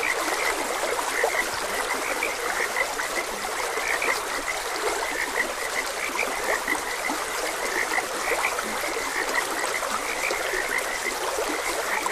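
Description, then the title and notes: A dense frog chorus of repeated short calls carries on through the whole stretch, backed by the steady hiss of a stream. Frogs croaking beside a gentle stream. "Frogs Croaking. Sleep and Relaxation Podcast"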